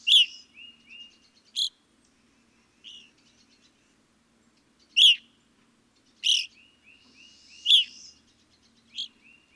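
Evening grosbeak calls, loud ringing chirps with a burry edge given singly at uneven intervals, a thin whistled note trailing between them.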